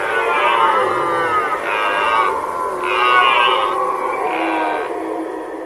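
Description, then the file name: Red deer roars in a series of about four bellowing bursts with short pauses between them. Red deer roaring during the rut. "rykowisko"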